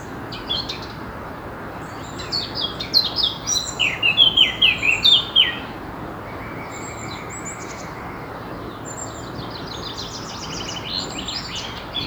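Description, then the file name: Eurasian blackcap calls and chirps, high varied notes clustered in a busier burst midway, over steady background hiss. "Sylvia atricapilla"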